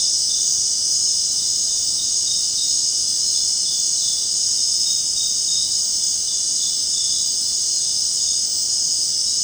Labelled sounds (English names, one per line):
none